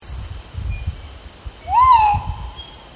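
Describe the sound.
Crinkle-collared manucode calling once, a clear slurred whistle that swells up and tails off, with a constant high insect drone and faint low rumbling.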